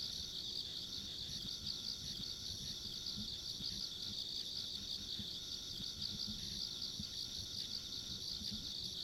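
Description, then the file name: Insects keep up an unbroken shrill, pulsing trill with a faint high whine above it, while low rumbling noise runs underneath. Ambient insect sounds recorded along a country road. "田舎道の虫の環境音"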